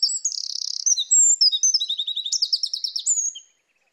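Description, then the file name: Eurasian wren singing a brisk, high-pitched burst of trills and sharp chips, ending after about three and a half seconds. "Troglodytes troglodytes"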